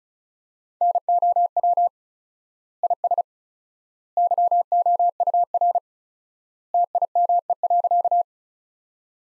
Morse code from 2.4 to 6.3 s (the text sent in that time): IS YOUR